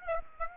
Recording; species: mosquito wingbeat signal from an infrared sensor; Aedes aegypti